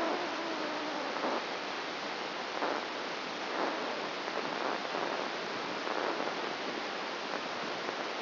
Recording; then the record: brain microelectrode recording played as sound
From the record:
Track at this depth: outside the subthalamic nucleus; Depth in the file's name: 0.314 mm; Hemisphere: right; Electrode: 2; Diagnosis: Parkinson's disease